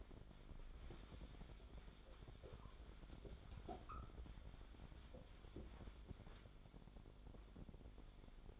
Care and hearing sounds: daily activity, microphone in the room; wipe stove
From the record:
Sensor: 5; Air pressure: 1007.2 hPa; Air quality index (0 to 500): 174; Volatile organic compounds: 4 ppm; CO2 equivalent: 1669 ppm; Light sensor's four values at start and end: 54/148/58/59 and 53/144/57/58

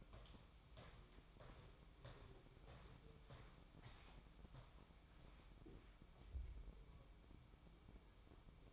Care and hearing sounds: daily activity, microphone in the room; walk to room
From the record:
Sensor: 1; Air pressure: 1008.2 hPa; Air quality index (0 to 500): 139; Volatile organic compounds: 2 ppm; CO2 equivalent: 1173 ppm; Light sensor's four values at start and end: 9/22/9/10 and 10/23/9/10

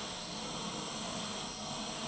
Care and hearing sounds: daily activity, microphone in the room; vacuum cleaning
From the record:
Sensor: 4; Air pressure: 1010.4 hPa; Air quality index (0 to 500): 179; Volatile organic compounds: 5 ppm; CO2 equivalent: 1813 ppm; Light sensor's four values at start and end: 33/97/38/38 and 33/96/38/38

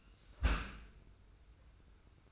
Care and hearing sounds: daily activity, microphone in the room; close dishwasher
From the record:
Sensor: 2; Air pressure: 990.3 hPa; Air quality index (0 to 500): 210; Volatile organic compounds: 1000 ppm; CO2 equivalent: 6733 ppm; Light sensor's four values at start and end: 27/64/26/26 and 27/64/26/26

